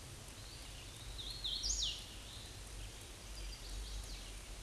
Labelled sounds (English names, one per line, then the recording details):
Hooded Warbler song
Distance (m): 20 m
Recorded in a Pennsylvania forest on 18 May 2023 at 06:37
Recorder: AudioMoth, point grid1_13_low
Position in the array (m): 134 m, 115 m